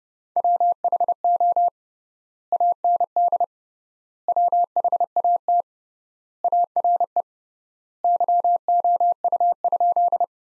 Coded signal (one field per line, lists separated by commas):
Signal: Morse code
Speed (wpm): 32 wpm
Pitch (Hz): 700 Hz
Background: none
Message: WHO AND WHAT ARE YOU?